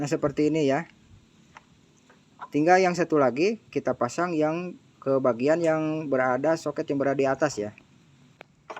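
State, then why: Seated. Someone talks while the second wiring plug is pushed into the upper socket of a motorcycle accessory harness for an ADV box and NFC fairing luggage M75 setup. A short, sharp click at 8.4 s marks the plug seating. It has to go in until it clicks, and it won't go in if reversed.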